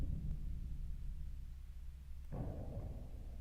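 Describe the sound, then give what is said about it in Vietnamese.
Deep, steady thunder rumbles low outside for a few seconds, then swells abruptly into a louder, fuller roll near the end. No voices are present. “Ở bên ngoài trời đã bắt đầu nổi sấm.”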